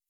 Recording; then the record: hydrophone in a shrimp aquaculture tank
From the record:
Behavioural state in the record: weakened